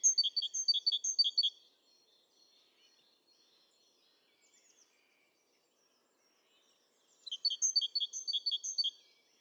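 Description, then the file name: Great tit calls: two rapid bursts of sharp, high, tinkling notes, separated by several seconds of quiet with faint chirps. "Parus major"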